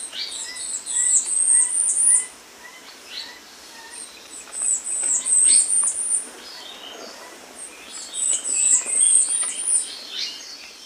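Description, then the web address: Tanager finch song of very high, thin squeaky phrases in bursts of about two seconds, with faint lower chips and soft background noise between phrases. Ecuador. "Birds of Ecuador. Tanager Finch"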